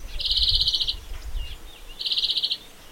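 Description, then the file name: European greenfinch giving two buzzy, even trills, the first longer than the second, over a low rumbling background noise. "Chloris chloris"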